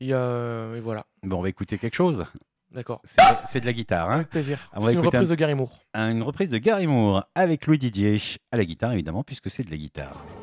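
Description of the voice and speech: An adult male radio host speaking in French with normal speech.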